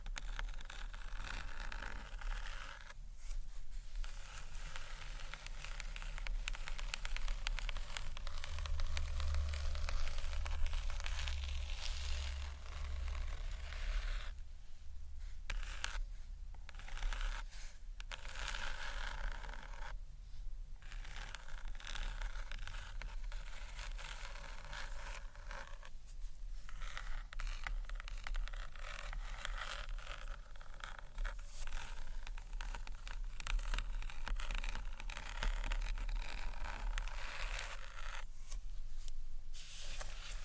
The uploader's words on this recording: ASMR Gentle SCRATCHY TAPPING on BOOKS （No Talking）.